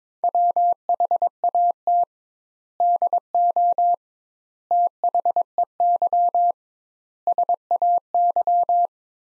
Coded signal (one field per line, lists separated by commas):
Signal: Morse code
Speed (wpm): 22 wpm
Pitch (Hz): 700 Hz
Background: none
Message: WHAT DO THEY SAY